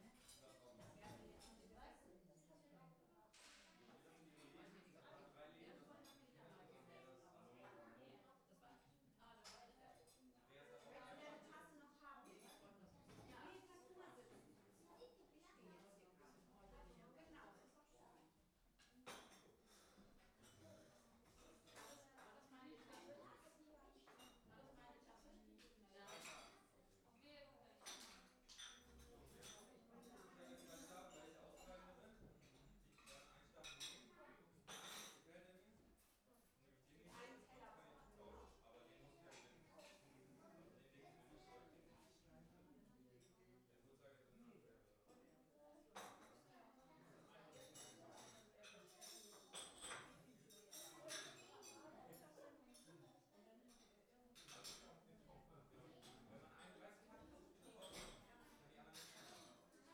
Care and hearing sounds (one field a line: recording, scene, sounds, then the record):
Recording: everyday scene through a hearing-aid microphone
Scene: many people talking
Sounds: many voices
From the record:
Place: parish hall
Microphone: behind the ear, right, rear